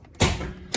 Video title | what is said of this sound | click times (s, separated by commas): The Big Battery Change | oh I heard it popped | 0.7 s